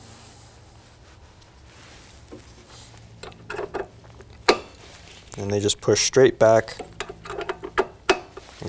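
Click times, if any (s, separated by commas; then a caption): 7.0 s, 8.1 s. The removable charge plates of a CytoFLEX SRT cell sorter are pushed straight back into their mounts in the sort chamber while someone talks, with scattered small knocks and rubbing sounds. They click into place at 7.0 s and 8.1 s, and the plates are seated.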